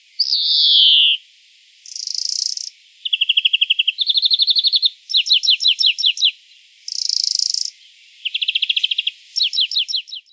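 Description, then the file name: European greenfinch opening with a long, descending nasal wheeze, then a series of fast, metallic trills and twittering bursts at varied pitches. "Chloris chloris"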